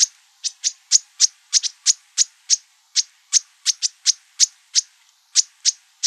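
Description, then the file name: Bewick's wren calling: a steady run of sharp, high ticking notes, roughly three each second, sometimes doubled, continuing throughout. Calls, Arizona, 24 March 2002. "BEWR CALLS 1 deviche"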